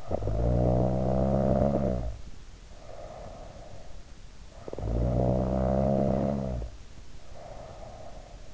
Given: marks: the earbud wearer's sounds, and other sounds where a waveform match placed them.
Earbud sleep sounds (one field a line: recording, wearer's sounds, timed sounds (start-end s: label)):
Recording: sounds in sleep by an in-ear microphone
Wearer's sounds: snoring breath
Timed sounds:
0.00-3.92 s: snoring breath
4.45-8.45 s: snoring breath